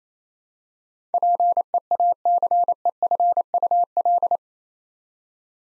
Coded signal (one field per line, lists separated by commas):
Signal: Morse code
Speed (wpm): 28 wpm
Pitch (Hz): 700 Hz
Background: none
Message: PEACEFUL